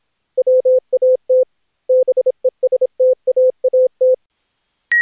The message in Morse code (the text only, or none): WAT BESTAAT